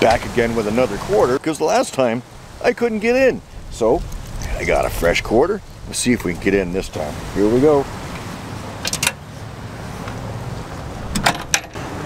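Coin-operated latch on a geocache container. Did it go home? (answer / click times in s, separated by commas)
released / 11.5 s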